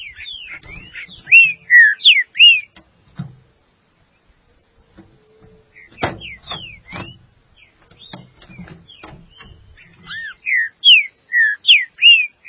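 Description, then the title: Green-winged saltator with loud whistled phrases at the start and end, slurred notes in quick succession, and a middle stretch of clicks and rustling. "Trinca Ferro"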